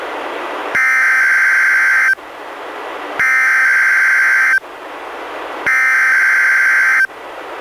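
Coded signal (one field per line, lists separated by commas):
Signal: Emergency Alert System (SAME) tones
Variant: header bursts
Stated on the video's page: NWR required weekly test issued by NWS, relayed by an NWR station, received on a Reecom R-1630 weather radio, audio recorded directly via USB.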